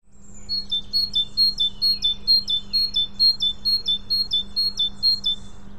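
Great tit song: a bright two-note phrase, high then lower, repeated steadily about twice a second for five seconds, with a low steady hum underneath.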